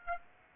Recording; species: mosquito wingbeat signal from an infrared sensor; Aedes aegypti